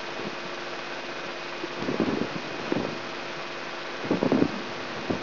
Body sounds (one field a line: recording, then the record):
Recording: brain microelectrode recording played as sound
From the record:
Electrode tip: inside the subthalamic nucleus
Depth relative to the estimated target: -2 mm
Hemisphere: right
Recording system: AlphaMap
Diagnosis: Parkinson's disease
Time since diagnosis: 16 years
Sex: male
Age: 67 years